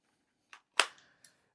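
A Nyxi Hyperion 3 controller grip is pushed onto the side of a handheld console, with a faint tap at about 0.5 s and a sharp snap at 0.8 s, followed by a softer tap near 1.2 s. The grip holds tightly but does not line up perfectly or sit flush, leaving a visible gap.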